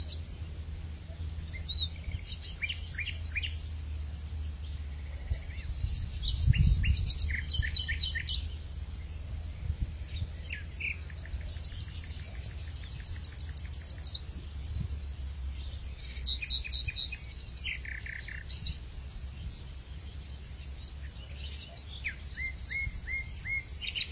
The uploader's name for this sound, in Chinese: 花海 鸟鸣 微风